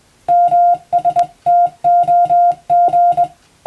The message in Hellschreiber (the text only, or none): none